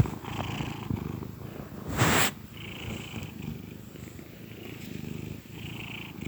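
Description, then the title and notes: Domestic cat purring with a low continuous rumble, broken by a short burst of noise near two seconds. Contented cat purring gently. "Cat Cafe Purr-Finale. the gentle purrs of a contented cat"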